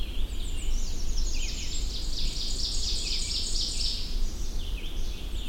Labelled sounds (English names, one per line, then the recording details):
Ovenbird song
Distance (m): 40 m
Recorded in boreal forest in Alberta, Canada, on 21 June 2016 at 08:39
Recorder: SongMeter 3, array SBT-6-81
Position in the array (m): 24 m, 105 m
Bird 24